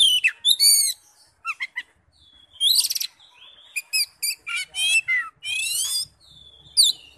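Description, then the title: Oriental magpie-robin pouring out rapid whistled and buzzy phrases, some long harsh trills, in dense bursts with little pause. "Kacer"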